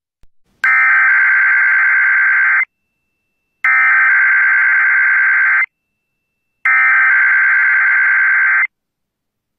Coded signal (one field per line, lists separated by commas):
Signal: Emergency Alert System (SAME) tones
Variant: header bursts